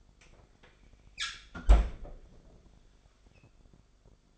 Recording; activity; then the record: daily activity, microphone in the room; close fridge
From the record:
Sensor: 5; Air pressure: 1004.7 hPa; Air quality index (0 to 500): 156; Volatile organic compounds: 3 ppm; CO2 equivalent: 1470 ppm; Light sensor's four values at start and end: 23/53/21/20 and 21/49/19/18